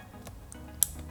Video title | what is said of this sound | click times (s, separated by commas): How to install a Brake Light Modulator on a 2022+ Honda Grom by TST Industries | push it in until you hear an audible click | 0.8 s